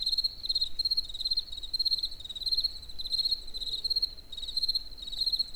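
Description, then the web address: Cricket song of quick pulsed chirps, high and bright, clustered in repeated bursts with a soft background hum. Recorded in nature near the Eger tourist house. "allathangok termeszetben tucsok egerturistahaz"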